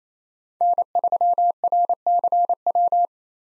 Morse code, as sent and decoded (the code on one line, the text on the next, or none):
-. ...-- .-. -.-. .--
N3RCW